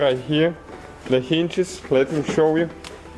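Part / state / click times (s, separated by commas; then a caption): plastic glovebox hinge into dashboard hinge mount / not seated / none. A plastic glovebox hinge on a Mazda CX-7 (2007–2012) is handled at its hinge mount on the dashboard, where the hinge pin presses in and snaps into place. Someone talks throughout, with no distinct impacts. Nothing has seated or clicked yet.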